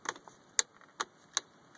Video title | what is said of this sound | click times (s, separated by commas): FZJ80 Land Cruiser CDL Switch Install | make sure it's snapped into place | 0.6 s